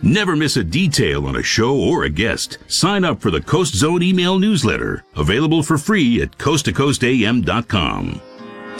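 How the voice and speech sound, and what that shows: A fluent adult male announcer reads a brief newsletter promotion in clear, ordinary speech.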